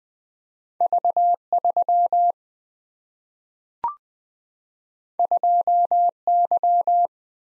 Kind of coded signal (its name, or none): Morse code